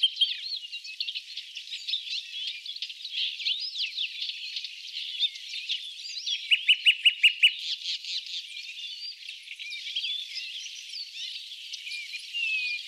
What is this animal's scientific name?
Luscinia megarhynchos